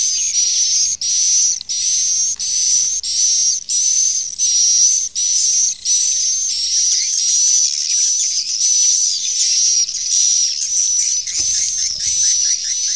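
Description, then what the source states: Swiftlet chirps: hissy bursts repeated in a steady series, each with a thin whistled tone, then merging into a continuous high twittering. Swiftlet sound used in swiftlet farming in Asia.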